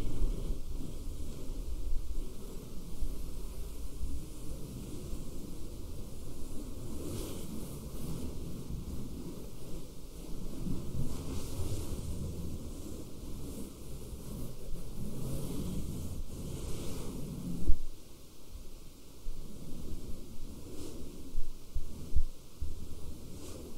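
Fabric being scratched and rubbed, a dense, continuous rustling heavy in the low and middle range that swells and eases without pause. A few sharper scrapes stand out near 17 and 22 seconds, and a steady thin tone runs underneath throughout.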